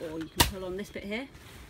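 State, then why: Not seated. Someone talks while handling a tent hub, pulling on a different part of it so the pole frame will lock into its set-up position. A brief sharp burst sounds near 0.4 s amid the talking, but the hub has not clicked into place yet; nothing has seated by the end of the clip.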